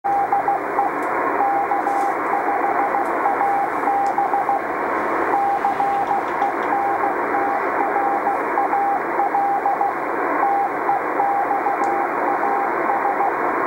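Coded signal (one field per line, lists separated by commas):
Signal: Morse code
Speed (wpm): 15 wpm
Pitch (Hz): 800 Hz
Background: radio noise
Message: DE K5AB CENTRAL TEXAS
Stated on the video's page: 20-watt beacon from Texas on 28 MHz, 10 meter band.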